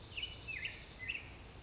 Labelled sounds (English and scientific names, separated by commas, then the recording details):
Black-headed Grosbeak (Pheucticus melanocephalus)
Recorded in Sonoma County, California